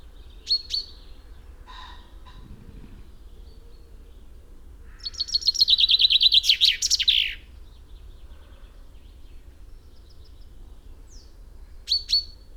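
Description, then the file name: Common chaffinch: a single cascading trilled song phrase ending in a flourish, framed by short high call notes near the start and end, over soft background hiss. "Fringilla coelebs"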